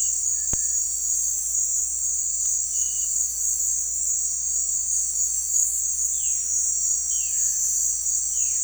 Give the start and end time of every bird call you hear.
0.29s-0.81s: bird call (1.5-2.1 kHz)
6.09s-7.87s: bird call (1.2-4.1 kHz)

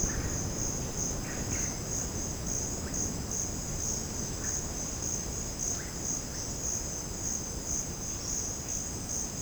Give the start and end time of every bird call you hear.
0.03s-0.41s: bird call (1.0-2.9 kHz)
1.23s-1.68s: bird call (0.9-3.3 kHz)
4.44s-4.59s: bird call (0.9-2.2 kHz)
5.72s-5.93s: bird call (0.9-2.5 kHz)

